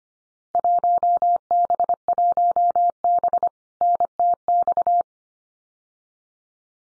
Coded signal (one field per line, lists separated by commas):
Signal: Morse code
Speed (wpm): 25 wpm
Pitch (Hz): 700 Hz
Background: none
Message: 1B1B NTX